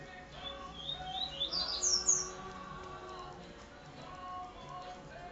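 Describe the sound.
Double-collared Seedeater song: a quick run of high, twittering chirped notes rising in pitch for about a second, over steady lower tonal background sounds.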